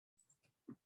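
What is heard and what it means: A snap-on quarter-inch presser foot is handled over the foot holder (shank) of a SINGER sewing machine for a second attempt after the first did not sit right. After a short silence come soft low rustles around 0.2, 0.3 and 0.45 s, then a louder dull low knock near 0.7 s. The foot has not snapped into place or seated yet when the clip ends.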